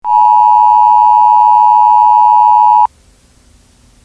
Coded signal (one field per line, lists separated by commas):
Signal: Emergency Alert System (SAME) tones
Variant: 853 and 960 Hz attention tone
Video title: Eas 2